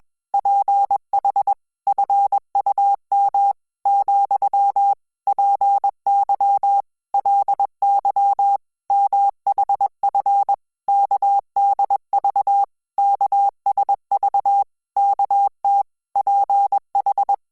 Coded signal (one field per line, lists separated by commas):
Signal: Morse code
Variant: Korean alphabet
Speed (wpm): 21 wpm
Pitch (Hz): 800 Hz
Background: none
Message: 주 님 , 제 게 문 을 열 어 주